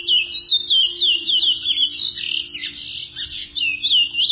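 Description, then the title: Chestnut-bellied seed finch song of fast whistled slurs, becoming rougher and more jumbled in the middle, with a faint steady low hum underneath. "Canto De Curio"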